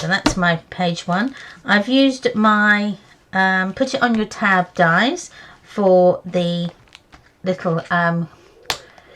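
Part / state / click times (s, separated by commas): magnetic paper tab closure on a pocket flap of a mini album page / seated / 8.7 s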